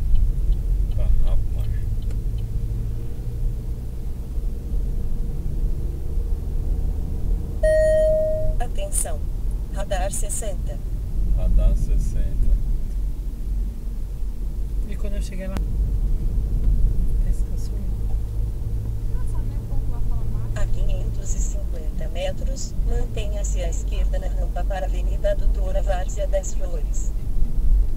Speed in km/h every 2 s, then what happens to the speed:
35, 40, 46, 52, 54, 46, 45, 48, 51, 54, 54, 55, 55, 57.
0-7 speeds up to 54. 7-12 steady at about 46. 12-18 speeds up to 54. 18-28 steady at about 55.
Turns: none.